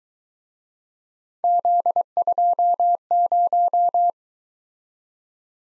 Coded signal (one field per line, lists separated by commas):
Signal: Morse code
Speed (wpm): 22 wpm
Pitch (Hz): 700 Hz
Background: none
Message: Z20